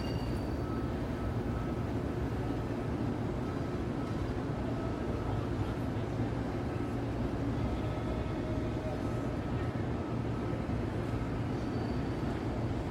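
A New York City night soundscape heard through an open window: a steady, dense rumble of traffic fills the low end without letup. Faint tonal whines drift through the middle, and a few brief clicks and knocks surface now and then.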